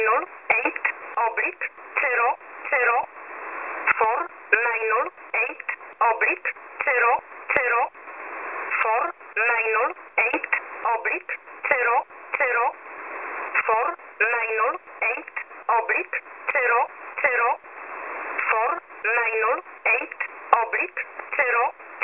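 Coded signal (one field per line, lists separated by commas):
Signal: numbers station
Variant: E11 Oblique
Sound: a voice reading short, evenly spaced words over radio hiss, steady and repetitive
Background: radio static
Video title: E11 Oblique 22/10/2023 0700 UTC 9079kHz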